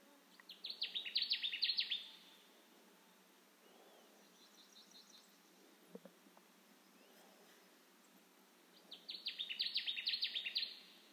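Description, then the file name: Connecticut warbler delivering two bursts of repeated, chanting down-slurred notes roughly eight seconds apart, with faint bird notes and a soft click between. Recorded 10 June 2021. "2021-06-10 Connecticut Warbler"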